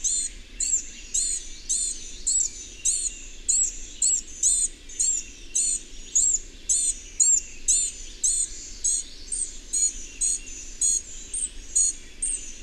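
Bird giving high, sharp chirps repeated roughly two every second, over a faint low hum.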